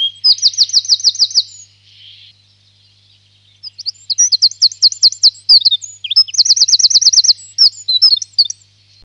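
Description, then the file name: Eurasian wren song with a rapid rattling trill, a pause, then a second explosive phrase of varied high notes and another fast trill. "zaunkoenig"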